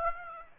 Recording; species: mosquito wingbeat signal from an infrared sensor; Aedes aegypti